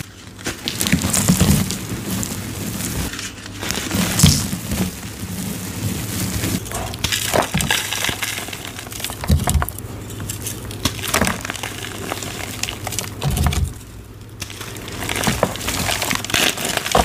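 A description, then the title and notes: Dry chalk crumbles and crunches, a dense run of crisp crackles with brief pauses near four and fourteen seconds. Black Iron Oxide *Crush Only* Compilation! Glitter Mix, Fresh Chalk, Gym Chalk Reforms. Crispy crunchy black iron oxide gym chalk crumbles and oddly satisfying asmr sounds.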